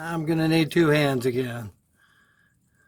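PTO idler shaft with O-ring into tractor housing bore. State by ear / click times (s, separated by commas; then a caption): not seated / none. Someone talks while getting ready to push a PTO idler shaft with a rubber O-ring, lubricated with hydraulic fluid, two-handed into the housing bore of an IH 574 tractor during a PTO idler shaft leak repair. The talking stops at about 1.7 s, leaving near silence with a faint tone. Nothing has seated or clicked yet.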